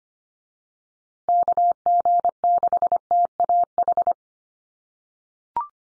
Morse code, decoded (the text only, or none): KG6TAH